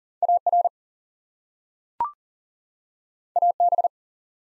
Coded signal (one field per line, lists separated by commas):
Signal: Morse code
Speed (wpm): 40 wpm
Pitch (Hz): 700 Hz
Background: none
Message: AR AB